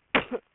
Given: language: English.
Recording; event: throat vibration sensor signal played as sound; cough